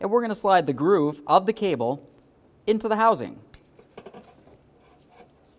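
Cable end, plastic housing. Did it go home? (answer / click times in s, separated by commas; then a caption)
no / none. Someone talks while the grooved end of a hood release cable for a 2005-2010 Chevrolet Cobalt is slid into and lined up in the plastic release handle housing, before it is pushed home. After the talk, only small, faint handling taps and clinks are heard, the sharpest near 4.0 s. Nothing has seated or clicked yet.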